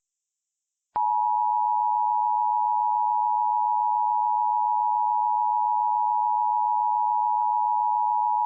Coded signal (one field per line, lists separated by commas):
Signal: Emergency Alert System (SAME) tones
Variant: 853 and 960 Hz attention tone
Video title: EAS Mock - Severe Thunderstorm Warning - Speechify Tom Demo.